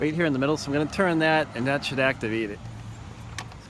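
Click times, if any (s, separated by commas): 3.4 s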